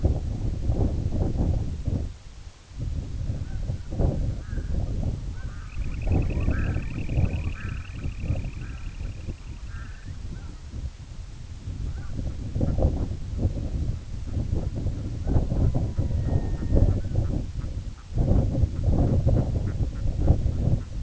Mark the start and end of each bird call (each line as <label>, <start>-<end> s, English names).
Red-throated Loon, 3.40-10.61 s
Semipalmated Sandpiper, 5.63-9.97 s
Red-throated Loon, 11.87-21.02 s